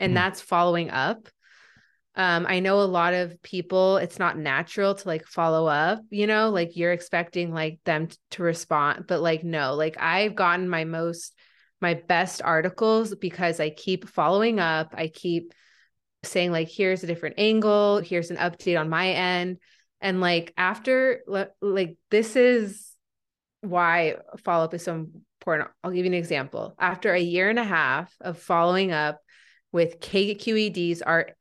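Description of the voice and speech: An adult woman who stutters talks in mostly fluent phrases broken by sound prolongations, a repeated initial 'l' consonant and blocks with hesitant pauses, especially around 'this is why follow-up is so important,' on a disfluent day with frequent stuttering.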